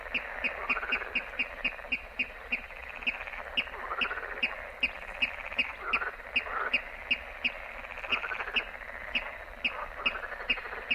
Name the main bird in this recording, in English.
Water Rail